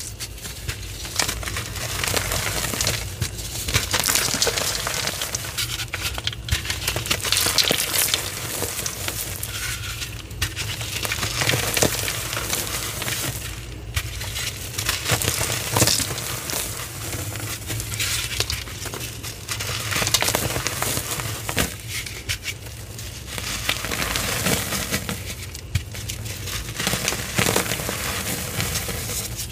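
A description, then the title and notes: Cornstarch is squeezed and crushed, giving a dense, steady run of fine crunching and crackling that stays bright and crisp throughout. Brief pauses fall around 6, 14, 20 and 27 seconds before the crunching resumes. A faint low hum sits underneath. Random Cornstarch Crunchies Crushes.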